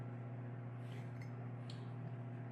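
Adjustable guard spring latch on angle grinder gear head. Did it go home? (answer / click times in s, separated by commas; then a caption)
yes / 1.7 s. An adjustable metal guard on a pneumatic angle grinder's gear head is rotated using its spring thumb latch, then the latch is closed. A sharp, short click is heard at 1.7 s over a steady low hum, and the guard is locked into place.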